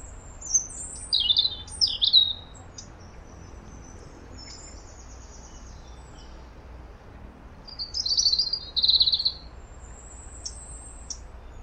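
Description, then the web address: European robin song, high thin notes in two short bursts several seconds apart, over faint background noise. "Deverinetal 2025 File origin Bird Only Er Ru"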